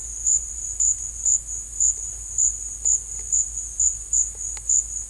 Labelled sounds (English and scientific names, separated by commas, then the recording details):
none
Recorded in secondary vegetation near Puerto Asís, Putumayo, Colombia, on 18 December 2024 at 14:00
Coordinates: 0.481, -76.318
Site G042